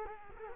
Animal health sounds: mosquito wingbeat signal from an infrared sensor; Culex quinquefasciatus

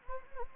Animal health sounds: mosquito wingbeat signal from an infrared sensor; Anopheles arabiensis

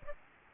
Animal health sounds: mosquito wingbeat signal from an infrared sensor; Aedes aegypti

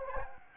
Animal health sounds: mosquito wingbeat signal from an infrared sensor; Anopheles gambiae

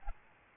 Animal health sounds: mosquito wingbeat signal from an infrared sensor; Aedes albopictus

